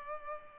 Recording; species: mosquito wingbeat signal from an infrared sensor; Culex pipiens